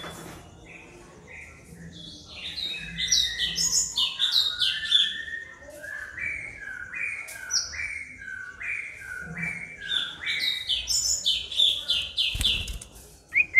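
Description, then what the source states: White-rumped shama song: a long, lively string of varied whistles and slurred notes in quick succession. Aggressive (galak) song used as a lure (pancingan).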